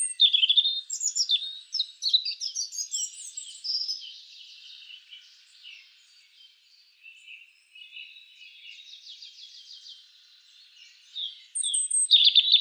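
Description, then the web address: European robin song: a lively, rushing phrase of high, liquid twitters at the start, a long soft subdued passage, then a sudden loud burst right at the end. "SETE data Erithacus rubecula"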